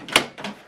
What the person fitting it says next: you hear a click sound and it's in.